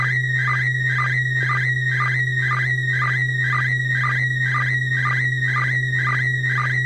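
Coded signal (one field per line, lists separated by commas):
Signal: SSTV (slow-scan television)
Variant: PD120 mode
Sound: warbling tone around 2 kHz with short low chirps twice a second, steady hum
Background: low mains hum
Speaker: we'll start out with our first image of the evening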